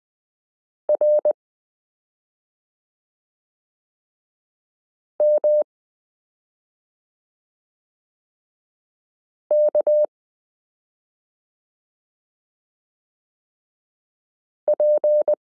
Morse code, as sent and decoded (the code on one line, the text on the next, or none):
.-. -- -.- / .--.
RMK P